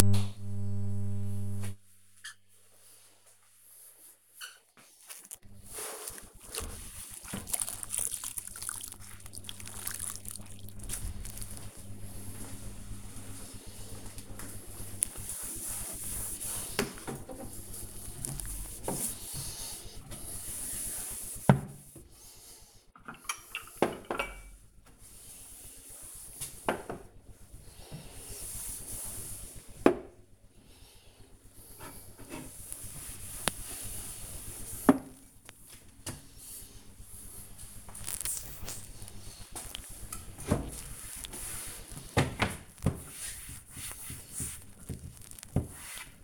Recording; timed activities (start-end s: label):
household activities, microphone on the right wrist
29.60-46.23 s: cleaning the cupboard